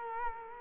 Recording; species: mosquito wingbeat signal from an infrared sensor; Culex quinquefasciatus